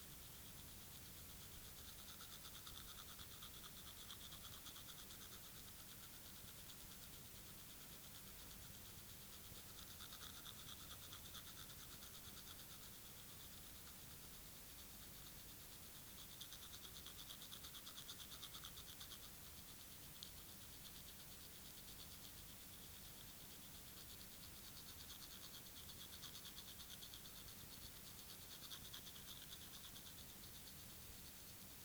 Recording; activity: daily activity, guitar pickup as the sensor; brush teeth